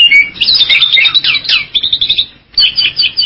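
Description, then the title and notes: Bali myna song: quick, scratchy, high chattering notes tumbling together, a short silence, then another burst of harsh chirps. "Jalak Bali 2. Kicau Burung Jalak"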